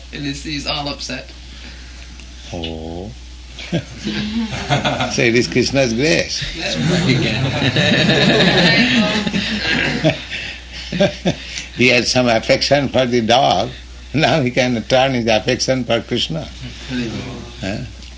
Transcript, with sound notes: And he is all upset.
Oh. So it is Kṛṣṇa's grace. [laughter] He had some affection for the dog. Now he can turn his affection for Kṛṣṇa.